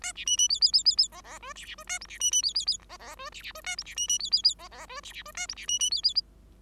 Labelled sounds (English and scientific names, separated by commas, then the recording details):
Bengalese Finch (Lonchura striata domestica) song
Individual Bird5